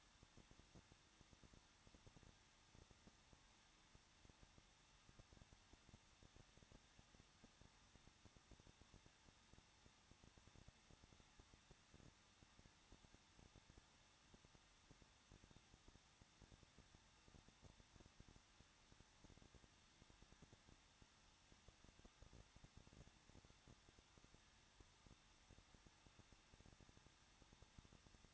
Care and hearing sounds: daily activity, microphone in the room; no activity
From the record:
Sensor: 3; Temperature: 21.2 degrees Celsius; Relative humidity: 36.3%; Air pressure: 1006.3 hPa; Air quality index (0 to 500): 221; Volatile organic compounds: 40 ppm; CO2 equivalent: 3150 ppm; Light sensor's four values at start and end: 2/3/2/2 and 2/3/2/2

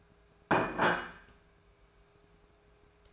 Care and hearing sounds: daily activity, microphone in the room; place plate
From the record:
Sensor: 2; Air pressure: 1014.9 hPa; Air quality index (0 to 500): 203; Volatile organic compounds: 20 ppm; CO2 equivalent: 2684 ppm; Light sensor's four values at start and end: 24/59/25/28 and 24/59/25/28

